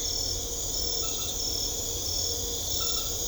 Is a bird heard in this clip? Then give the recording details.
no. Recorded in secondary vegetation near Puerto Asís, Putumayo, Colombia, on 21 December 2024 at 22:00. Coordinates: 0.500, -76.326. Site G065